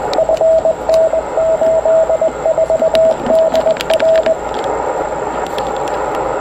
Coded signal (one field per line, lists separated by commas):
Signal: Morse code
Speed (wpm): 20 wpm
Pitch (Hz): 650 Hz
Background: radio noise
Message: FN84DR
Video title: W1HP Amateur Radio Solar Eclipse Reverse Beacon Network Exercise - August 21, 2017